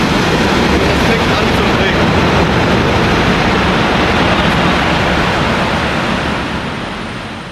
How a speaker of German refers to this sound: Im Pumpspeicherkraftwerk am Hengsthalsee in Herdecke wird die Schleuse geöffnet. 120.000 Liter Wasser stürzen pro Sekunde aus dem Oberbecken durch ein 165 Meter langes Fallrohr in die Tiefe, klatschen auf eine riesige Turbine,